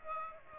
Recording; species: mosquito wingbeat signal from an infrared sensor; Aedes aegypti